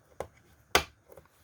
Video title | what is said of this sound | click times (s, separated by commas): Servicing the AFX and Tyco CC-03 Chassis, Part 3: Reassembly and Water Dipping | just snaps into place | 0.8 s